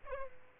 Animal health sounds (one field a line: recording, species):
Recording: mosquito wingbeat signal from an infrared sensor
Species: Aedes albopictus